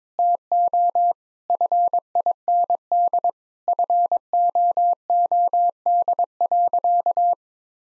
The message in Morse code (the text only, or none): TO FIND FOOD.